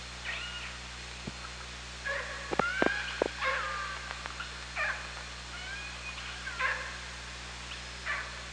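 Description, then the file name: Killer whale calls, repeated short squeals and upswept tones, with sharp clicks and knocks midway and a constant low hum. Underwater OrcaLab hydrophone at Parson Island, 24 August 2017, 18:32. "Orca Lab 20170824 183203 PI"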